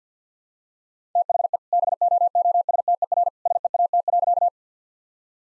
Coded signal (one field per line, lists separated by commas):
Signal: Morse code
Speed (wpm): 50 wpm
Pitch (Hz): 700 Hz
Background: none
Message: THE BOOSTER SEAT.